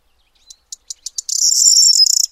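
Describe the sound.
Corn bunting singing: five evenly spaced sharp ticks, then an abrupt burst of bright, glassy jangling notes for about a second before stopping.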